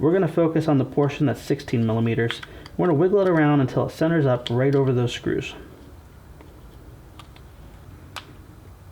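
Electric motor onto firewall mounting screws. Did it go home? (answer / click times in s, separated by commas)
yes / 8.2 s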